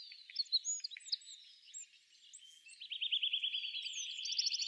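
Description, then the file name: Eurasian wren song, softer, opening with a jumble of high squeaky notes, then breaking into a long rapid rattling trill that ends in sharper chips. "Troglodytes troglodytes"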